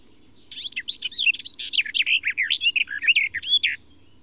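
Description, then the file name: Garden warbler song: a sustained, hurried warble of varied mellow phrases for about three seconds after a short silence. "fauvette des jardins"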